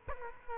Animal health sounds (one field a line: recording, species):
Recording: mosquito wingbeat signal from an infrared sensor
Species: Culex quinquefasciatus